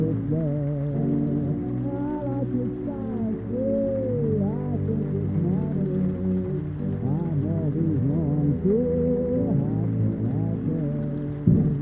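Oldies music plays muffled from another room, sliding vocal-like melodies over a steady low backing, with a soft hiss throughout.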